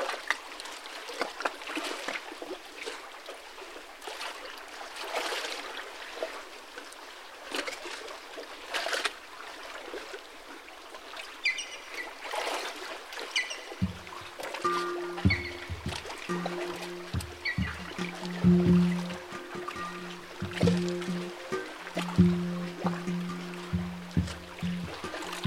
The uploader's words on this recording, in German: Heute hören wir auf einem Steg den beruhigenden Klängen des Bergsees zu.